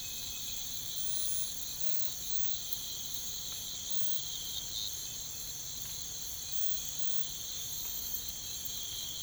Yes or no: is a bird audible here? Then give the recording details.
no. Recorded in pastures near Puerto Asís, Putumayo, Colombia, on 21 December 2024 at 05:00. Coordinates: 0.472, -76.329. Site G072